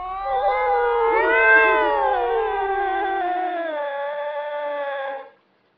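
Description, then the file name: European wildcat mating call, a single long harmonic wail that swells and wavers for about five seconds before stopping abruptly. Wildcat recorded during the mating season. "Wildkatze Felis silvestris Paarungszeit"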